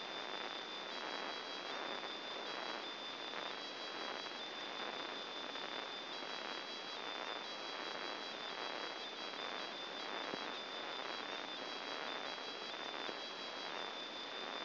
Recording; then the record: brain microelectrode recording played as sound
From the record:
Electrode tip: outside the subthalamic nucleus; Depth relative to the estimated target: 4 mm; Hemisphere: left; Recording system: AlphaMap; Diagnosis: Parkinson's disease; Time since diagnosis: 11 years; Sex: male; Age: 50 years